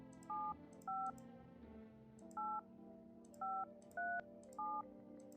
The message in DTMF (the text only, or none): 75 8537